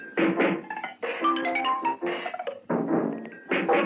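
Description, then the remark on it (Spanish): Percussion instruments, played by a cartoon mouse, sound in a series of loud, busy bursts with short pauses between them, mixing struck hits with brief pitched, ringing notes. No one speaks. “Clásico. Percusiones.”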